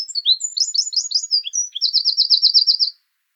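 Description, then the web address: Eurasian wren song, a rapid run of high, varied chirps and twitters ending in a fast, even trill of identical notes; very clean with no other sounds. Subspecies troglodytes troglodytes; song. "songs troglodytes troglodytes call"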